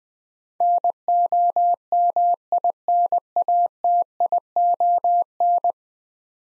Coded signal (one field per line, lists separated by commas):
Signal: Morse code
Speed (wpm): 20 wpm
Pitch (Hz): 700 Hz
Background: none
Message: NOMINATION